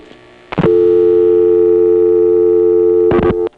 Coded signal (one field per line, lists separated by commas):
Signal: telephone call progress tone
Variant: North America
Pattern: dial tone